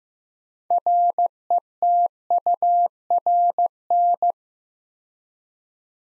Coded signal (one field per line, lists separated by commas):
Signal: Morse code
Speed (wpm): 15 wpm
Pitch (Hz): 700 Hz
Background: none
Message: RETURN